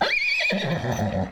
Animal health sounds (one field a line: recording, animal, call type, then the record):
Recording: contact call of a hoofed animal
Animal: horse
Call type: whinny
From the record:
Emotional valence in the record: negative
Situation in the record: group separation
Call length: 1.32 s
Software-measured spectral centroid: 2340 Hz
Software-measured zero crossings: 2890 a second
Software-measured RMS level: -24 dBFS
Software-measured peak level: -9 dBFS